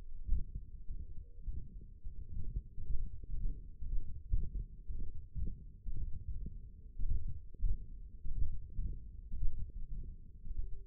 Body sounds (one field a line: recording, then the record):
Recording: forearm muscle sounds (acoustic myography)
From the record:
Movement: index flexion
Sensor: system 1, eight BSWA MPA416 microphones around the upper forearm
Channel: 2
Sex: male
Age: 42 years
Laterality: right